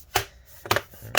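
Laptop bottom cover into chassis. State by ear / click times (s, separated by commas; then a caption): seated / 0.2 s, 0.7 s, 0.8 s, 1.2 s. Pressing around the edge of the plastic bottom cover of an HP Pavilion 17 17-ca1055cl laptop snaps its remaining clips into the chassis. Sharp plastic snaps are heard at 0.2, 0.7, 0.8 and 1.2 seconds. The clips are seated.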